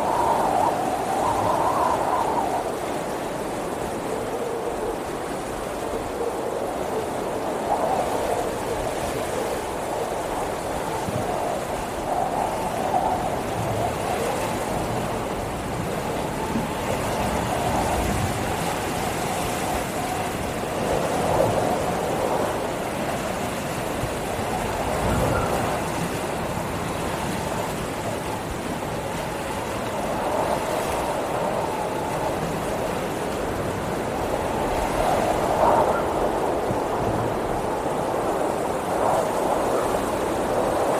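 Windy pink and white noise runs without a break, a dense steady hiss weighted toward a mid, slightly hollow rush. Soft gust-like swells rise and fade every five or six seconds, giving it a rolling, wave-like motion over a faint low rumble.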